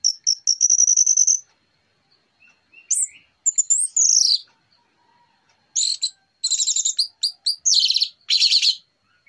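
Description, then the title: Orange-headed thrush song: a high, rapid trill, then sweeping whistled slurs and dense bursts of scratchy chatter repeated toward the end. Morning song of an Orange-headed thrush used as a lure recording. "Pancingan Anis Merah Plong Santai Pagi Hari"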